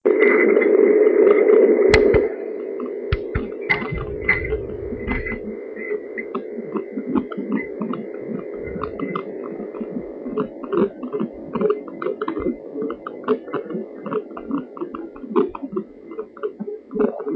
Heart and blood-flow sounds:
fetal heart sounds by stethoscope on the mother's abdomen
0.00-10.00 s: 160 bpm
10.00-17.36 s: 145 bpm
From the record:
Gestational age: 38 weeks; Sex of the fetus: boy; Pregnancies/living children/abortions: 2/1/0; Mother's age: 35 years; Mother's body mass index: 33.8

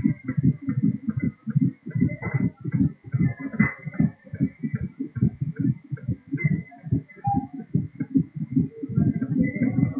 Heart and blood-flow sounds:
fetal heart sounds by stethoscope on the mother's abdomen
0.00-10.00 s: 152 bpm
From the record:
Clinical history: monitored after previous abortions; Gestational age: 35 weeks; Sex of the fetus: girl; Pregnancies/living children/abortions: 4/1/2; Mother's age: 36 years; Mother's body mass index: 30.9

